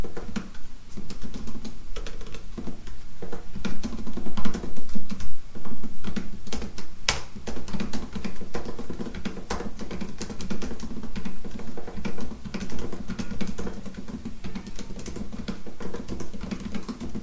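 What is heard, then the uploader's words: Fast typing on a keyboard: a dense, continuous patter of crisp key clicks with no real pauses, sharper taps standing out now and then, including a loud one around seven seconds. A steady low hum sits underneath. Fast Keyboard Typing - No Talking. Typing/tapping on two types of keyboards.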